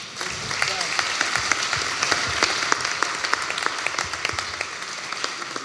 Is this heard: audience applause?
yes